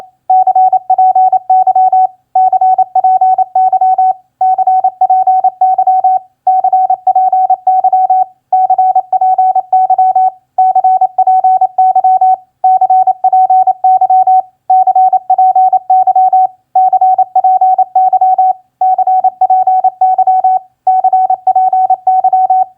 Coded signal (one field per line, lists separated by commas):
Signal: Morse code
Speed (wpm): 27 wpm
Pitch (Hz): 750 Hz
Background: none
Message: CPY CPY CPY CPY CPY CPY CPY CPY CPY CPY CPY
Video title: Morse Code Practice QSO Elements Q4e HWCPY-GUD-CPY 28wpm